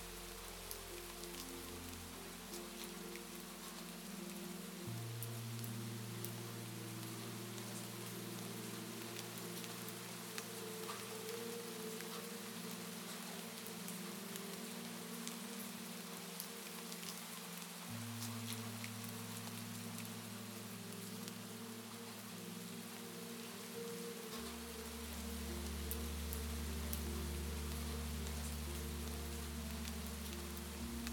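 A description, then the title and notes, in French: Steady, dense rain patters across the whole recording while soft low sustained tones shift to new pitches around five, eighteen and twenty-four seconds. Découvrez une mélodie apaisante qui se mêle délicatement aux gouttes de pluie, créant un paysage sonore idéal pour la relaxation et le bien-être.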